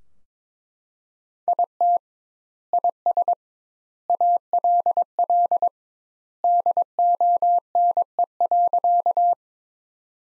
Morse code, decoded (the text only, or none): IT IS ALL DONE.